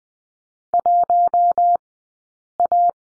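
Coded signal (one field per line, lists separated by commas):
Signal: Morse code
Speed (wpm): 20 wpm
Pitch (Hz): 700 Hz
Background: none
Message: 1A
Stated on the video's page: Morse course lesson on the letter D, at Farnsworth speed 20/10 wpm.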